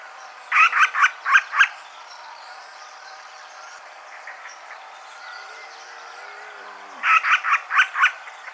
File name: Celeuslugubris Punto Alto 14 ENE 03 MVQZ